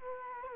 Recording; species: mosquito wingbeat signal from an infrared sensor; Culex quinquefasciatus